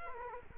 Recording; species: mosquito wingbeat signal from an infrared sensor; Culex quinquefasciatus